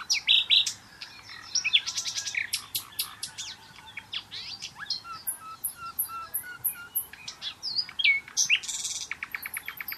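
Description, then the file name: Common nightingale song, dense and varied: rapid clicking series, rising whistles and high repeated notes tumbling together almost without pause. "Luscinia megarhynchos"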